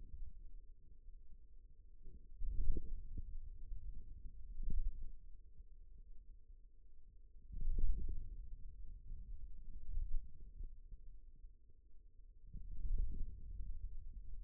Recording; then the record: forearm muscle sounds (acoustic myography)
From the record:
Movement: wrist extension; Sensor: system 2, bracelet of six BSWA MPA416 microphones around the upper forearm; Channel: 4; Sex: male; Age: 22 years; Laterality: right